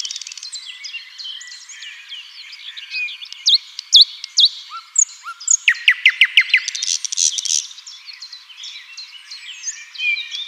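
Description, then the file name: Common nightingale song mixing varied chirps, a couple of low whistles and a rapid run of repeated notes. "Luscinia megarhynchos"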